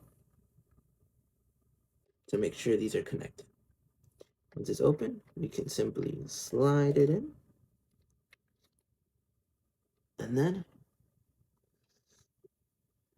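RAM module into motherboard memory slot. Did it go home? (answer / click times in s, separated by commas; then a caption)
partly / 8.3 s. A second RAM module is slid into an opened motherboard memory slot and pressed down while someone talks, giving a faint click at 8.3 s. The stick sits slightly higher at one end and is not fully seated.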